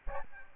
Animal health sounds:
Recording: mosquito wingbeat signal from an infrared sensor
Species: Aedes albopictus

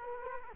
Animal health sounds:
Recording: mosquito wingbeat signal from an infrared sensor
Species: Culex quinquefasciatus

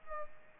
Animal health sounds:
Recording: mosquito wingbeat signal from an infrared sensor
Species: Aedes aegypti

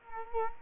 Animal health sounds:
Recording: mosquito wingbeat signal from an infrared sensor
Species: Culex quinquefasciatus

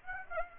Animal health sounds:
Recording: mosquito wingbeat signal from an infrared sensor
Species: Aedes aegypti

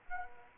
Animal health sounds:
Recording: mosquito wingbeat signal from an infrared sensor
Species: Anopheles arabiensis

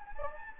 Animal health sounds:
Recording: mosquito wingbeat signal from an infrared sensor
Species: Anopheles gambiae

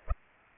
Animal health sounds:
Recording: mosquito wingbeat signal from an infrared sensor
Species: Aedes albopictus

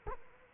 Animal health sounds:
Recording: mosquito wingbeat signal from an infrared sensor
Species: Culex quinquefasciatus

